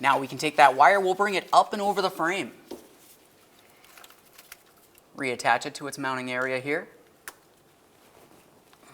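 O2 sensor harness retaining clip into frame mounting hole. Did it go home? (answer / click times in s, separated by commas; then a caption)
yes / 7.3 s. During a catalytic converter replacement on a 2000-2006 Chevrolet Tahoe, the downstream O2 sensor wire is routed up and over the frame, and its plastic retaining clip is pressed into its mounting hole on the frame. Someone talks, then after a quiet stretch of faint handling noises a single sharp click at 7.3 s marks the clip seating in the frame mount.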